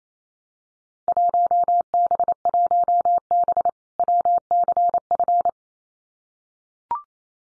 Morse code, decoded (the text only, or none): 1B1B WCF